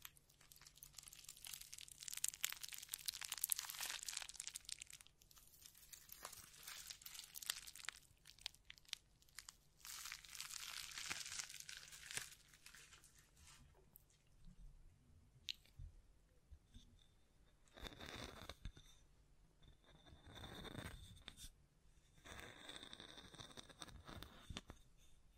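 Dense scratching and brushing on the mic fill the first half, followed by sparser hand sounds, taps and swishing strokes with quiet gaps.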